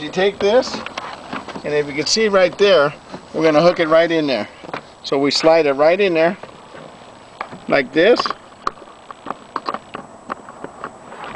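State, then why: Seated. On a 2001 Honda Accord EX during power window regulator installation, a door panel fitting is hooked and slid into place on the car door, then pressed home while someone talks. Sharp snaps are heard at 8.7 s and 9.6 s, with other small clicks around them, and the fitting is seated.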